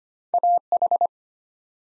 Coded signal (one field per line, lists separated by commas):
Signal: Morse code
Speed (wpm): 25 wpm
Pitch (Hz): 700 Hz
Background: none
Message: AH